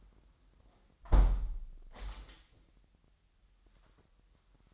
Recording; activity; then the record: daily activity, microphone in the room; close window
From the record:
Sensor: 3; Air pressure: 997.9 hPa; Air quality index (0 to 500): 142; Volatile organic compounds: 4 ppm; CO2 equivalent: 1691 ppm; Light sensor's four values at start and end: 14/41/16/15 and 14/41/16/15